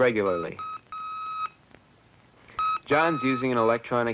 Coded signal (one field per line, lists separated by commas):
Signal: Morse code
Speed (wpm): 7 wpm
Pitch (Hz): 1270 Hz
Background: speech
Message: U R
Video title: Vintage Amateur Radio ham MEMORIES 1960s 1970 history a film restoration SW CB computer social media